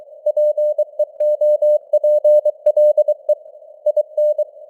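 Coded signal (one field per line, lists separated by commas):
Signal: Morse code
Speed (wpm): 23 wpm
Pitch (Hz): 600 Hz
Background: none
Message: PEOPLE IN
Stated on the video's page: Morse code news headlines at 23 wpm with simulated radio noise and varying signal strength (QSB).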